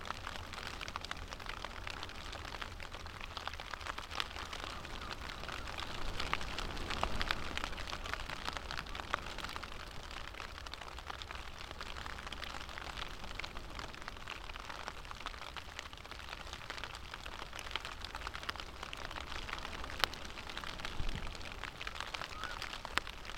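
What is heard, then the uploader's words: Rain falls steadily and densely, a constant hiss of countless drops with scattered sharper patters. The sound stays even throughout, with a low rumble underneath and a few brighter drip clicks standing out near twenty seconds. The rain as it falls, on a wide open coastal landscape, a walled garden in London, and on high moorland woods in Derbyshire.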